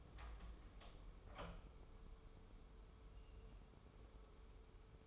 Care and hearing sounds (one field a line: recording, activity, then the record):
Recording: daily activity, microphone in the room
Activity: open door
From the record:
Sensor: 1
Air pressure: 1015.2 hPa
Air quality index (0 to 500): 112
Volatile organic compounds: 3 ppm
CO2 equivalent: 1528 ppm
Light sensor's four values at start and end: 14/33/14/15 and 14/33/14/15